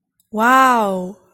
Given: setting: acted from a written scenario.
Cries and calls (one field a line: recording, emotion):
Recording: vocal sound without words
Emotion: awe